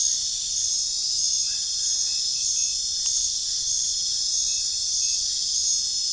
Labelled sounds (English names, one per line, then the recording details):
none
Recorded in pastures near Puerto Asís, Putumayo, Colombia, on 23 June 2025 at 22:30
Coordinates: 0.466, -76.322
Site GP07